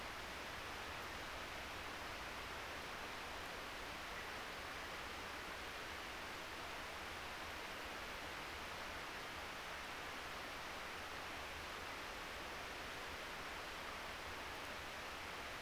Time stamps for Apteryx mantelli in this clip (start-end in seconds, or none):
none